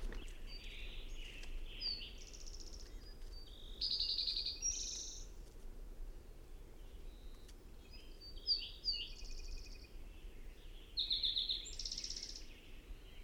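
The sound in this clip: Songbird giving several bursts of high varied phrases, whistles mixed with fast buzzy trills, with quiet pauses between them and a faint low hum.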